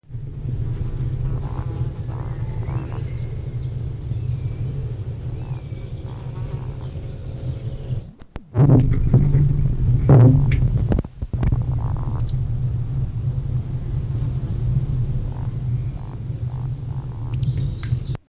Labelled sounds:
Eurasian Woodcock flight song
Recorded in the wild
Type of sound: flight song
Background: Culex spec
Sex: male
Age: adult
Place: Feldberg - Koldenhof, Mecklenburgische Seenplatte, Mecklenburg, DE
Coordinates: 53.3294, 13.3136
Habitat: mixed forest
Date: 1976-06-27 19:15
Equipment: Uher CR 210, Sennheiser MD 421 HL, Verstärker, Reflektor, Kopie Uher 4200
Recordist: Tembrock, Günter
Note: Mischwald bei Koldenhof (Warsberge). Fluggesang

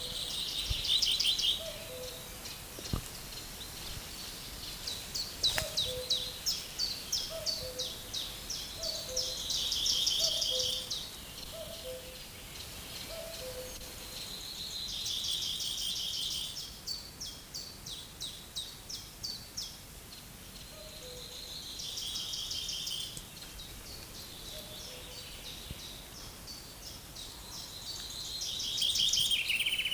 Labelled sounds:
Common Chaffinch
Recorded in the wild
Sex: male
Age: adult
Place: Mühlenbecker See, Brandenburg, DE
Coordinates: 52.6897, 13.395
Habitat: lake
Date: 1983-07-02 12:05
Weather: sunny, 16-20 °C
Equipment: Nagra SN, Kopie Uher 4000 Monitor Report
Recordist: Tembrock, Günter

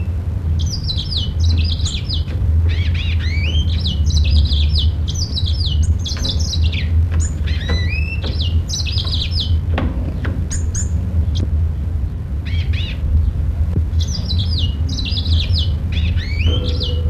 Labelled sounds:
Yellow-fronted Canary song
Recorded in captivity
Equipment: Halbspur, 9,5 cm/s
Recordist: Lütgens, Hans

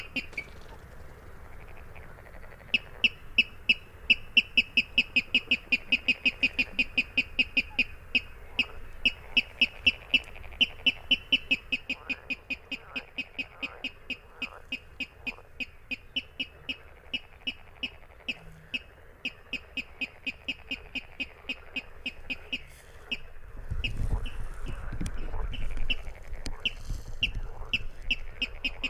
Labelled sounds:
Water Rail
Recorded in the wild
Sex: male
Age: adult
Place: Kützerhof, Kummerower See, Mecklenburg-Vorpommern, DE
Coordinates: 53.8494, 12.86
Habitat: wetland
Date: 2008-05-14 23:31
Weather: klare Nacht, zunehmender Halbmond, 10°C, windstill
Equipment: Sound Devices 702, Sennheiser MKH 70, Windkorb
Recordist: Frommolt, Karl-Heinz

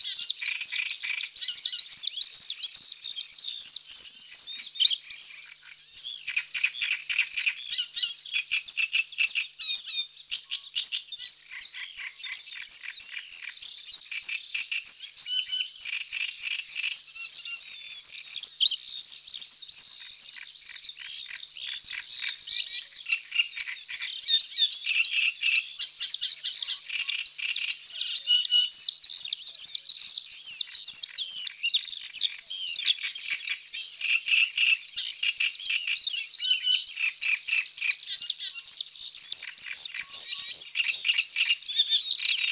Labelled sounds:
Bluethroat song
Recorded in the wild
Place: Nagyivan / Hortobagy Nationalpark, HU
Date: 1990-05-25
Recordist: Schwarz, Dieter

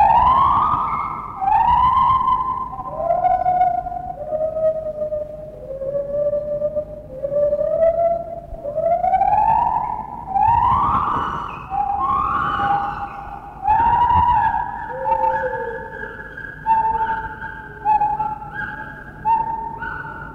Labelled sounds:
Lar Gibbon
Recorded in captivity
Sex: pair
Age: adult
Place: Zoo Berlin, Berlin, DE
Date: 1960-10-09 12:00
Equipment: Minifon, Kopie Smaragd
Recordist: Tembrock, Günter

